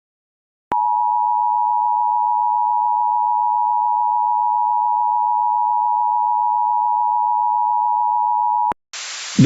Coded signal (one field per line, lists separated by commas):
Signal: Emergency Alert System (SAME) tones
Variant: 853 and 960 Hz attention tone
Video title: Debris Signature in South Texas - an EAS Scenario Short